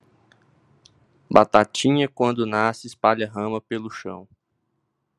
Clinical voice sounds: short text; Brazilian Portuguese; male; 30 to 39 years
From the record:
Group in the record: control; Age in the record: 30 years

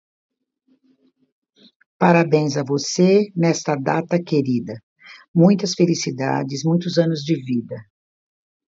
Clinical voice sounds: short text; Brazilian Portuguese; female; 60 to 69 years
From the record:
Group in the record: control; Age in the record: 68 years

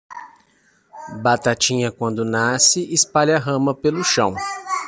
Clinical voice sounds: short text; Brazilian Portuguese; male; 30 to 39 years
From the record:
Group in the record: control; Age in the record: 39 years

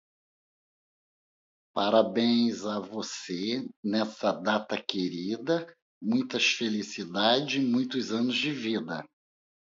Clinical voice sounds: short text; Brazilian Portuguese; male; 50 to 59 years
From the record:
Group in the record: control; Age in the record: 58 years

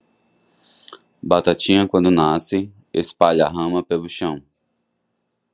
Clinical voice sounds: short text; Brazilian Portuguese; male; 30 to 39 years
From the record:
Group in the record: control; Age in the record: 32 years

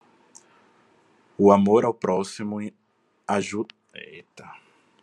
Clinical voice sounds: spoken sentence; Brazilian Portuguese; male; 20 to 29 years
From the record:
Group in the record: control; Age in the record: 27 years

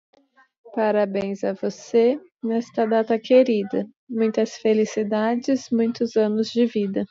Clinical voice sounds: short text; Brazilian Portuguese; male; 40 to 49 years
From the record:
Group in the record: control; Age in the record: 40 years

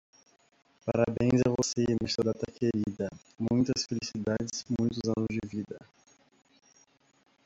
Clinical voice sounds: short text; Brazilian Portuguese; male; 20 to 29 years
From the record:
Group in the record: control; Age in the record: 22 years

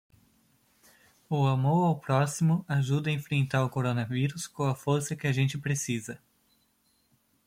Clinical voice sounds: spoken sentence; Brazilian Portuguese; male; 20 to 29 years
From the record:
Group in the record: control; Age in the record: 28 years

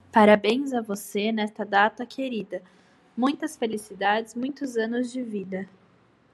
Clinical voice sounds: short text; Brazilian Portuguese; female; 20 to 29 years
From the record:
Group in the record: control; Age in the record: 26 years

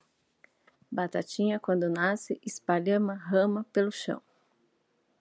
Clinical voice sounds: short text; Brazilian Portuguese; female; 40 to 49 years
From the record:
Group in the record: control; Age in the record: 48 years

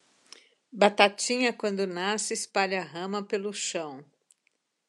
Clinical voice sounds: short text; Brazilian Portuguese; female; 60 to 69 years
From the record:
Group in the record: control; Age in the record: 64 years

